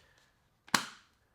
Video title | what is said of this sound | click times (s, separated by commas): A DURABLE LEATHER CASE!! - Bandwerk Sport Leather for iPhone 16 Pro Max | So let's go ahead and take our natural titanium 16 Pro Max, and we'll put it in here and listen out for that click. | 0.8 s